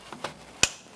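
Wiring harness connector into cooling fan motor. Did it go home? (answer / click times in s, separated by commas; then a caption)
yes / 0.6 s. A wiring harness connector is pushed onto the plastic connector of the radiator cooling fan motor on a 2004-2008 Acura TL. Two faint ticks come at 0.1 s and 0.2 s, then one sharp, bright click at 0.6 s. The connector is fully seated.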